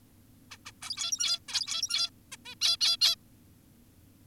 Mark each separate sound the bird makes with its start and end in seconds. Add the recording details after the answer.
0.51-0.58, 0.66-0.72, 0.82-1.39, 1.48-2.10, 2.32-2.37, 2.46-2.55, 2.62-2.77, 2.81-2.97, 3.01-3.16. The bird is an adult. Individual g17y2U